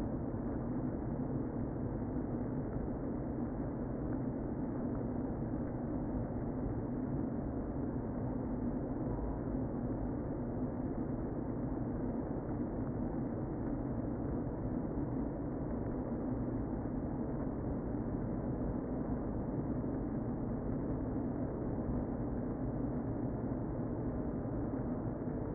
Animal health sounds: honeybee colony, microphone inside the hive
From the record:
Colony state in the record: queen present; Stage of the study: before two queens were removed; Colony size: about 60,000 bees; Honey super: yes

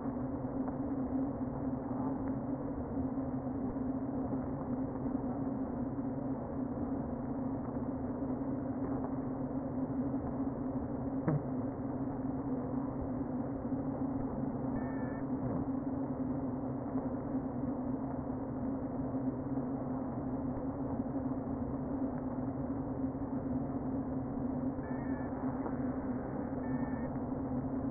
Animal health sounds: honeybee colony, microphone inside the hive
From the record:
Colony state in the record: queen present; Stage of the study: before two queens were removed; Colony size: about 60,000 bees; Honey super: yes

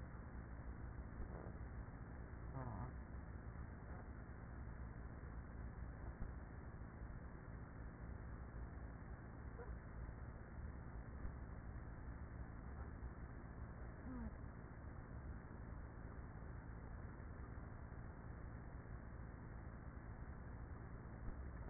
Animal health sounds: honeybee colony, microphone inside the hive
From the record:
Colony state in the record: queenless with a low population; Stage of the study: after two queens were removed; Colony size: about 30,000 bees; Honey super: no

